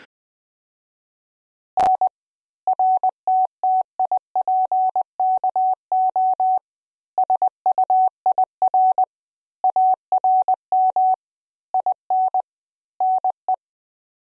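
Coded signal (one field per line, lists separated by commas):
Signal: Morse code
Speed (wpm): 20 wpm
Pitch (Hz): 750 Hz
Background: none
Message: N RTTIPKO SUIR ARM IN NE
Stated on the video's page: Computer-generated Koch-method practice words from a Windows training program, simulating real transmission with QSB fading and QRM interference, adjustable speed and tone.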